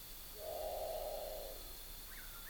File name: Great Potoo